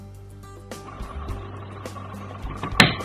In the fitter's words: here is a clicking sound you should hear when you press down on the Locking pins